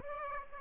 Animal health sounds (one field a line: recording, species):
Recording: mosquito wingbeat signal from an infrared sensor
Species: Aedes aegypti